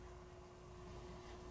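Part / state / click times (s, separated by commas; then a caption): small internal part (likely bolt or spring) going into a revolver frame / not seated / none. A small steel internal part, possibly a bolt or spring, is being worked into its hole in the frame of a 134-year-old 1890 Colt Single Action Army .44-40 revolver with a screwdriver during reassembly. Only a steady low rumble, broadband hiss and a constant tone near 370 Hz are heard, with no distinct hits. Nothing has seated or clicked yet.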